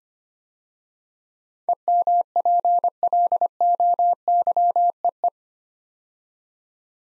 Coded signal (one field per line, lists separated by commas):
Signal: Morse code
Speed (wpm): 25 wpm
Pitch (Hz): 700 Hz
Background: none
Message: EMPLOYEE